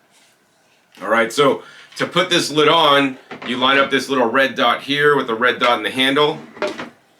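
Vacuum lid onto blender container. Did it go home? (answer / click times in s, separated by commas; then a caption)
no / none. Someone talks while lining up the red dot on the plastic vacuum lid with the red dot on the container handle of a Blitzwolf professional vacuum blender with sound enclosure, getting ready to press the lid on. Only speech is heard; the lid has not seated or clicked yet.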